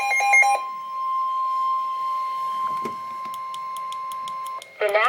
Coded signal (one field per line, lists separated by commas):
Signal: Emergency Alert System (SAME) tones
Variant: 1050 Hz attention tone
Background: speech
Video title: Severe Thunderstorm Warning - EAS #202